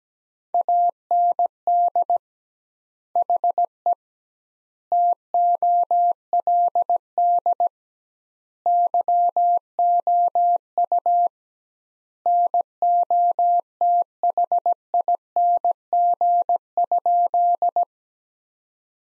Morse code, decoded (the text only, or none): AND HE TOLD YOU NOTHING?